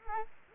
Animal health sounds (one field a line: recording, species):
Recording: mosquito wingbeat signal from an infrared sensor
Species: Culex quinquefasciatus